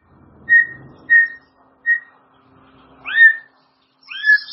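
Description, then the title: White-rumped shama gives three short, even whistles, then two richer slurred phrases, with pauses between them. "murai batu"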